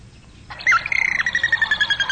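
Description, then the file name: Robin song: a loud whistled note that dips, then a run of quick, evenly repeated chirping notes over faint background hiss. More than one robin; recorded in July 1998. "robins 070698"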